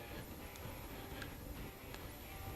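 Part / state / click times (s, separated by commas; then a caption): wire terminals into fog light wiring connector housing / seated / 1.2 s, 1.9 s. Two plastic connector terminals, lined up so they go in together, are slid into a fog light wiring connector housing during a wiring swap. Two short, sharp clicks are heard at 1.2 s and 1.9 s over a steady, low background hum. The terminals click into place in the housing.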